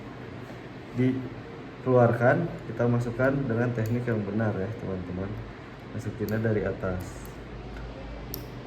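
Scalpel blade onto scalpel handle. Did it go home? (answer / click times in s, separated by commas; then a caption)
yes / 8.3 s. A metal scalpel blade is slid onto a scalpel handle from above and pushed until it clicks into place. Someone talks through most of the clip, and a short, sharp click is heard at 8.3 s as the blade seats.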